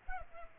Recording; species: mosquito wingbeat signal from an infrared sensor; Culex pipiens